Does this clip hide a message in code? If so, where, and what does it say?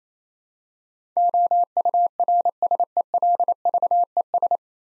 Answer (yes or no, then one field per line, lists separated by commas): yes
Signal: Morse code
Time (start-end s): 1.2-4.6 s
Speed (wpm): 28 wpm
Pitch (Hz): 700 Hz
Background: none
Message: OURSELVES